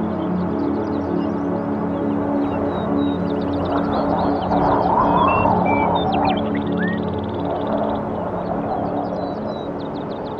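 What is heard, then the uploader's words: Birds sing throughout, with many short chirps and whistled notes scattered high above a steady rumble of wind. Around the middle the wind swells louder and a brief warbling call rises, then the gusts ease back toward the end. Beautiful Music of Birds Singing on Windy Day.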